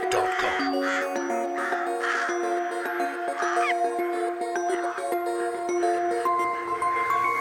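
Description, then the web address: Crows cawing, a series of harsh hoarse calls in the first five seconds, set over steady sustained musical tones that continue to the end. "joel-loopez crows"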